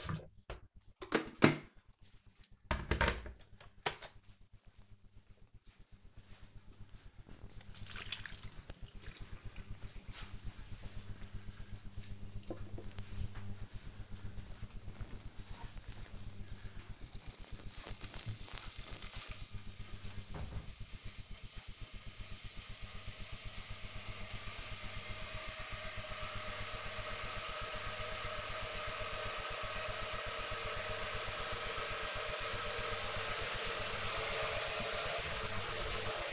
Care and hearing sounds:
household activities, microphone on the right wrist
0.00-36.33 s: making tea

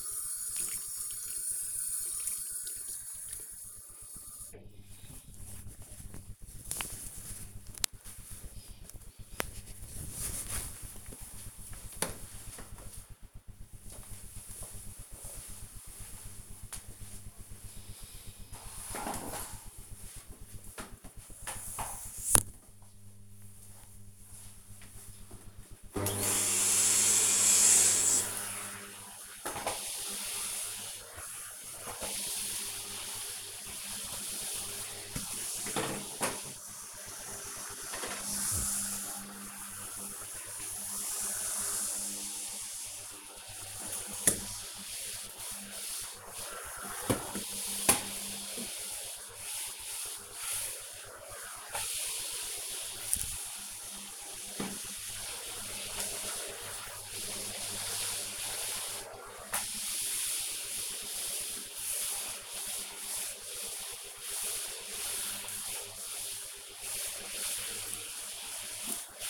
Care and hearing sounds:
household activities, microphone on the right wrist
0.00-7.30 s: washing hands
19.39-69.29 s: vacuum cleaning

